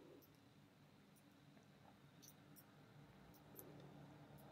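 A small combination padlock is decoded by pulling on the shackle and turning its number discs until each one clicks into place. Faint ticks sound over a low, steady hum, and then the shackle pops open with a sharp click at 3.6 s, releasing from the lock body.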